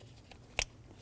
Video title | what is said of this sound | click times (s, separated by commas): How to Replace Serpentine Belt 2019-2025 Ram 2500 6.7L L6 | Push until you hear a click. | 0.6 s